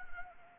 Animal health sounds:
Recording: mosquito wingbeat signal from an infrared sensor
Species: Anopheles arabiensis

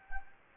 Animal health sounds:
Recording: mosquito wingbeat signal from an infrared sensor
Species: Anopheles gambiae

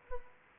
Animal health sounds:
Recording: mosquito wingbeat signal from an infrared sensor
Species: Anopheles arabiensis

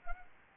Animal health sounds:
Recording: mosquito wingbeat signal from an infrared sensor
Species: Anopheles gambiae

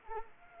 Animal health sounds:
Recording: mosquito wingbeat signal from an infrared sensor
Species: Anopheles arabiensis

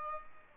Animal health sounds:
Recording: mosquito wingbeat signal from an infrared sensor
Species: Aedes albopictus

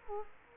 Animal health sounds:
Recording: mosquito wingbeat signal from an infrared sensor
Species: Culex quinquefasciatus

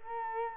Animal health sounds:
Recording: mosquito wingbeat signal from an infrared sensor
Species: Culex quinquefasciatus

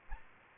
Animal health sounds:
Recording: mosquito wingbeat signal from an infrared sensor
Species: Aedes aegypti

